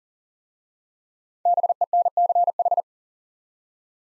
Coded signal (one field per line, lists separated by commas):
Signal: Morse code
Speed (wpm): 39 wpm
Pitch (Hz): 700 Hz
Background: none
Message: BENCH